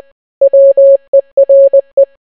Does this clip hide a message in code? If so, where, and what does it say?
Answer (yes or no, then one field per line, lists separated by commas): yes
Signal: Morse code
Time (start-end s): 0.4-2.0 s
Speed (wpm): 20 wpm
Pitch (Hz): 550 Hz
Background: none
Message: WERE